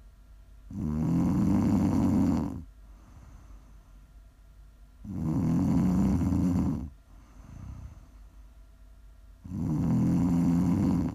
Prime ASMR snoring.